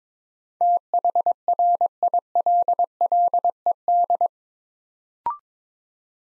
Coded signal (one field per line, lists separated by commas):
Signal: Morse code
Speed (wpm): 22 wpm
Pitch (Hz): 700 Hz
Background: none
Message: THRILLED